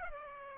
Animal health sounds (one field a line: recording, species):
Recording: mosquito wingbeat signal from an infrared sensor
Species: Aedes aegypti